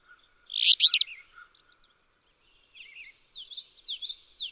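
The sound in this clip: Alder flycatcher giving one loud, harsh song phrase, followed by a high, sweet warbling song from another bird.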